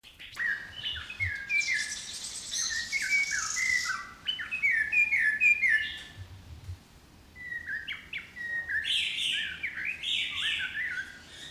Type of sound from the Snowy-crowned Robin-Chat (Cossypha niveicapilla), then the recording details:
song. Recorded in captivity. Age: adult. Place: Zoo Berlin, Berlin, DE. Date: 2003-01-17 16:20. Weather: fair, 5°C. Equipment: Nagra SN, Kopie Uher 4000 Report Monitor. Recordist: Tembrock, Günter. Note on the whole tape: Gesang (Entfernung ca. 50 cm)